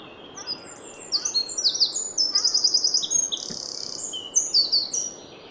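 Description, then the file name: Eurasian wren song: a loud, rapid outpouring of very high, sharp notes and fast rattling trills, tumbling on for several seconds without pause. "Troglodytes troglodytes"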